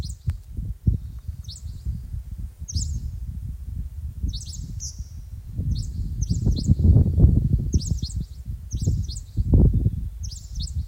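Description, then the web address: Japanese wagtail giving sharp, high, doubled chirps repeated at irregular intervals, heard over heavy low rumbling background noise. "セグロセキレイ segurosekirei"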